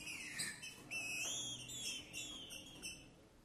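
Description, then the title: Green-winged saltator song: a falling whistle slides into a long, drawn-out whistled note over a soft hiss. Trinca-ferro singing and 'macheando' in a singing contest; the song style is called 'Perdi meu boi'; meant for warming up other trinca-ferros. "Seu TRINCA Piando, Cantando E Macheando Na DISPUTA. O VERDADEIRO PERDI MEU BOI! Trinca Ferro CANTANDO e MACHEANDO!"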